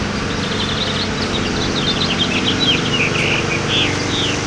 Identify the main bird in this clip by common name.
House Finch